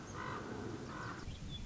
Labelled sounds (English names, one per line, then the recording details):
Common Raven
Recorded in Sonoma County, California